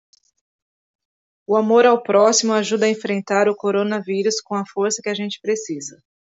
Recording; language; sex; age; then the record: spoken sentence; Brazilian Portuguese; female; 50 to 59 years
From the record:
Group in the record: control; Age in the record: 52 years